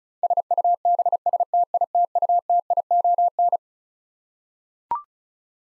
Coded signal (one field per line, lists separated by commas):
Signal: Morse code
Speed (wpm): 36 wpm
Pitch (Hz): 700 Hz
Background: none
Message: SUBSTITUTION